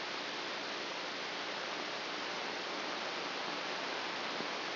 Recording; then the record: brain microelectrode recording played as sound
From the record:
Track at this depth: outside the subthalamic nucleus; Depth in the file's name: 5.002 mm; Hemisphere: left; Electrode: 2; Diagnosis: Parkinson's disease